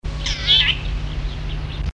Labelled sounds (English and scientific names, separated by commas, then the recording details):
Crimson-breasted Shrike (Laniarius atrococcineus) call
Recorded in captivity
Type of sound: call
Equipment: Halbspur, 9,5 cm/s
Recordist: Lütgens, Hans
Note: Rufe